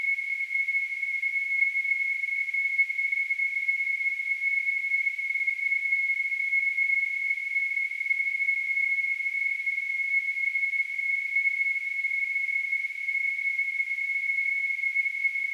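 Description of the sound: Simulated tonal tinnitus: a steady, continuous high-pitched tone near 2.2 kHz, unchanging in pitch and loudness, with a faint hiss above it.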